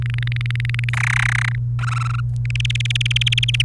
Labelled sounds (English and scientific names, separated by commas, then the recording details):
Domestic Canary (Serinus canaria) song
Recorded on 28 April 2018 at 17:55
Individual llb3